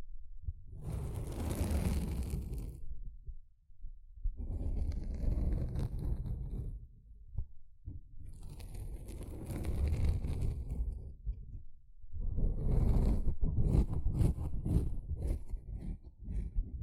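A sponge is handled in four separate bouts of scratching and squishing, each lasting two to four seconds with short pauses between. The rubbing is rough and dense, mostly low and muffled with a hissy top. The last bout is the loudest, with quick choppy strokes.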